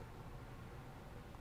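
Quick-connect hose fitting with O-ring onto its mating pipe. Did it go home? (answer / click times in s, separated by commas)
no / none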